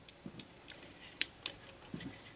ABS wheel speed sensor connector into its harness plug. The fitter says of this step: Going to go ahead and snap in the ABS sensor into the, make it click.